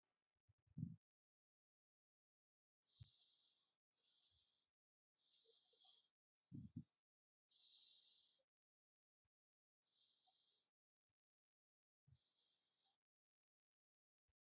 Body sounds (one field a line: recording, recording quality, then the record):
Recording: deep breathing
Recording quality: excellent, no background noise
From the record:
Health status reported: healthy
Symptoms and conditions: none ticked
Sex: female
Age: 25 years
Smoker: not ticked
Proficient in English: yes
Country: India